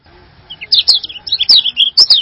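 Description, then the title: Bird singing a short, high warble of sweeping notes, with sharp clicks among the notes. "burung online"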